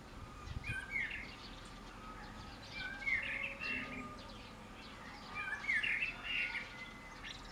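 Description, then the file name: Common blackbird singing mellow, rich warbled phrases roughly every two to three seconds, each a short fluty run, over a soft steady background hiss. "Turdus merula"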